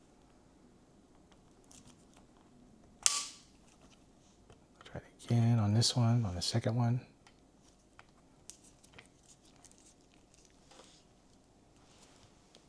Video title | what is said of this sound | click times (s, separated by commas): Springfield Hellcat Pro - Crimson Trace Red Dot | So, turn this here until we hear the click. | 3.1 s